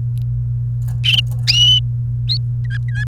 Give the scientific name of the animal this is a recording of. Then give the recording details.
Serinus canaria. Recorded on 29 April 2018 at 13:00. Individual llb3